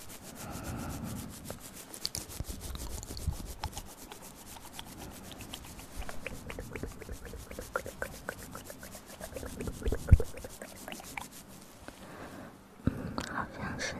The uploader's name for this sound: Intense Ear Massage & Mouth Sounds